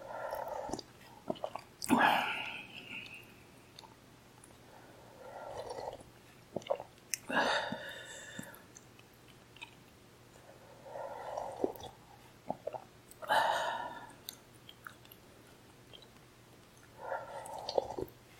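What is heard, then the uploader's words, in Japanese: Sounds of someone eating soba noodles, with wet, squishy chewing in bursts that come every few seconds. Louder slurps or sharp clicks stand out near 2, 7.5 and 13 seconds, and a faint low hum runs underneath. 咀嚼音 蕎麦を食べる音。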